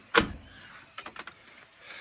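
A freshly wired electrical unit is pushed up onto its overhead ceiling mounting plate and snaps in with one loud, sharp click at 0.2 s. A quick run of fainter ticks follows around 1.0–1.3 s, and the fitting is seated on the plate.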